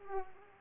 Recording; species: mosquito wingbeat signal from an infrared sensor; Culex pipiens